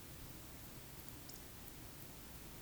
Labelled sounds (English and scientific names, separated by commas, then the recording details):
Eurasian Woodcock (Scolopax rusticola) whistle
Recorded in Baden-Württemberg, Germany, on 13 June 2021 at 20:09 UTC
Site 23718, 552 m above sea level